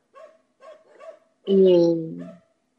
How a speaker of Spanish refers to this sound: Ay, esos perros están enojados. Son muy guardianes los perros de Rabia Roja.